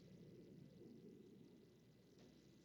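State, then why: Not seated. A plastic Technic ball joint with a cone is pushed onto a toy brick build in hopes of a snap, but only a steady low hum is heard, with a brief faint rise near 2.2 s. The joint goes all the way in without snapping, and nothing has clicked.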